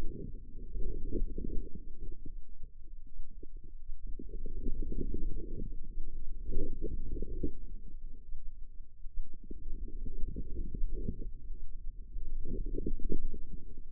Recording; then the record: forearm muscle sounds (acoustic myography)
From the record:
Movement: inward rotation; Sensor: system 2, bracelet of six BSWA MPA416 microphones around the upper forearm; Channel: 1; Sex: female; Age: 25 years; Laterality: right